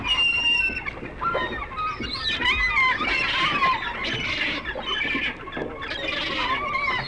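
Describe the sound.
Gulls giving loud, shrill squealing and mewing cries, several birds calling over one another throughout, with short yelping notes and a steady rushing background.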